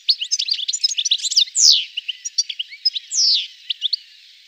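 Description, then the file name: Bird song of quick high chirps broken by two loud, downslurred whistled notes, with scattered twittering between them. Birds singing, described as a sweet sound. "El Dulce Sonido de los Pajaros Cantando"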